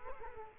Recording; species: mosquito wingbeat signal from an infrared sensor; Culex quinquefasciatus